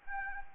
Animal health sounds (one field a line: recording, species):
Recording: mosquito wingbeat signal from an infrared sensor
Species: Anopheles arabiensis